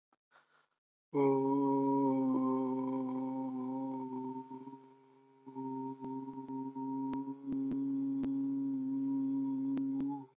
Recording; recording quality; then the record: sustained vowel as in boot; moderate, slight background noise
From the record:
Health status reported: healthy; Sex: male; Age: 36 years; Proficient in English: yes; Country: India